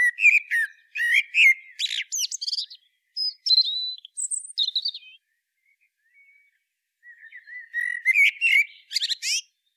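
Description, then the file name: Common blackbird in lively song, fast mixes of fluty whistles and high squeaky twitters, pausing briefly before resuming with rapid chirps. "Turdus merula"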